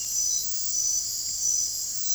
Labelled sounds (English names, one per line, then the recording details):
none
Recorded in dense forest near Puerto Asís, Putumayo, Colombia, on 22 June 2025 at 23:00
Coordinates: 0.503, -76.323
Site G059